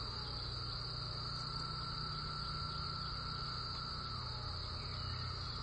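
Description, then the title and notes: Cicada chorus: an unbroken, even, high-pitched buzzing drone over a soft low rumble, unchanging throughout. Cicada chorus, Eastern North America. "a cicada symphony recorded by my sweet friend Heather"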